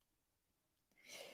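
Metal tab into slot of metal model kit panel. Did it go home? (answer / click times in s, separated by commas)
no / none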